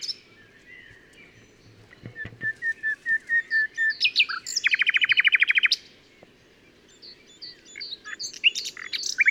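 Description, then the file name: Common nightingale song: a row of even whistled notes leads into a fast harsh rattle, followed by scattered varied chirps and whistles. "Luscinia megarhynchos"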